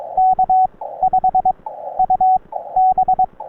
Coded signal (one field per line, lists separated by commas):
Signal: Morse code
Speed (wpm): 22 wpm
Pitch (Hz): 750 Hz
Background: radio noise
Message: K5UB